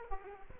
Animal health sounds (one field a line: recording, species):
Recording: mosquito wingbeat signal from an infrared sensor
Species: Aedes aegypti